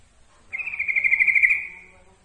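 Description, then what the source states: Yellow-vented bulbul song: a single rapid, buzzy trill held at one steady high pitch for about one and a half seconds, then fading out. Masteran training recording of trucukan song.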